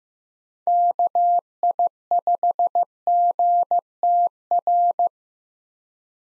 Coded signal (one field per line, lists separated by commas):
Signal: Morse code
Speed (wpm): 15 wpm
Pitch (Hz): 700 Hz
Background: none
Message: KI5GTR